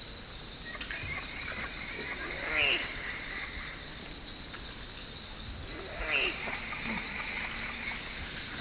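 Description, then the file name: Squirrel glider giving two nasal calls a few seconds apart, under a continuous shrill cricket chorus. Recorded at Twelve Mile Camp at night, 3 September 2018. "Glider Squirrel SD 561 Twelve Mile Camp One Night 2 a 3 rd Sep 18"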